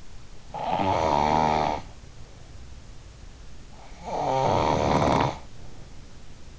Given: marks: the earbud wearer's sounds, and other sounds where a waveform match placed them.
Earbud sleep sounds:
sounds in sleep by an in-ear microphone; snoring breath
0.42-2.91 s: snoring breath
3.80-6.05 s: snoring breath

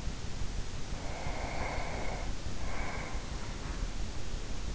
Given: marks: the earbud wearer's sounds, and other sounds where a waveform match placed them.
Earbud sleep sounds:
sounds in sleep by an in-ear microphone; breath
0.93-3.63 s: breath

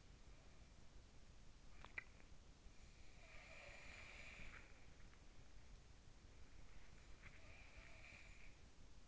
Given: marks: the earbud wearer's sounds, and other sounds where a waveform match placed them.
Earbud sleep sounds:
sounds in sleep by an in-ear microphone; teeth grinding
1.54-2.21 s: teeth grinding
3.01-5.29 s: sound from someone else or the room
6.67-8.64 s: sound from someone else or the room

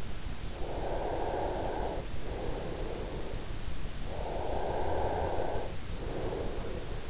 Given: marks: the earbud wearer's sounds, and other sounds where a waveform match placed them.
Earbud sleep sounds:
sounds in sleep by an in-ear microphone; breath
0.24-3.40 s: breath
4.24-7.10 s: breath

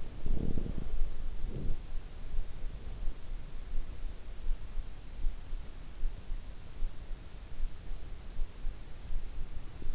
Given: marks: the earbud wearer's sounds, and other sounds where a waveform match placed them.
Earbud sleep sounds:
sounds in sleep by an in-ear microphone; snoring breath
0.00-1.88 s: snoring breath

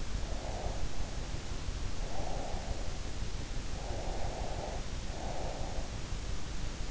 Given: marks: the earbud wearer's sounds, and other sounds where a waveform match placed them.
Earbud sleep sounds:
sounds in sleep by an in-ear microphone; breath
0.34-2.99 s: breath
3.83-5.90 s: breath

